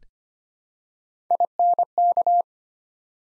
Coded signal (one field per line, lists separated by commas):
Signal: Morse code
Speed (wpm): 25 wpm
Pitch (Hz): 700 Hz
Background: none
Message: INK